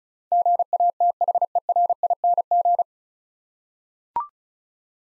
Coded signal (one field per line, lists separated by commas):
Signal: Morse code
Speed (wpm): 36 wpm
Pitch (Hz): 700 Hz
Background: none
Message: GATHERING